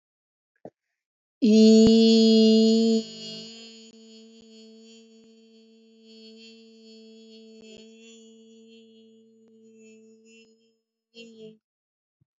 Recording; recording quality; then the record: sustained vowel as in beet; excellent, no background noise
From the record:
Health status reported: healthy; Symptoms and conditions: none ticked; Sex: female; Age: 42 years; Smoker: not ticked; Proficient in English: yes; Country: India